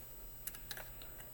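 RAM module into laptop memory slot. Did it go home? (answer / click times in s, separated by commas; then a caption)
yes / 0.5 s, 0.7 s. A first RAM module, inserted at an angle into the memory slot of a Dell Precision M6700 laptop, is pressed down gently. Sharp clicks at 0.5 s and 0.7 s mark the slot's side latches snapping it into place, followed by a few fainter ticks. The module is seated.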